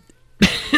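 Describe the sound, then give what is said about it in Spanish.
Two harsh coughs in quick succession from a person with a bad cough, after a brief moment of near silence, the first loud and chesty, the second a slightly weaker follow-up burst. “traigo mucha tos.”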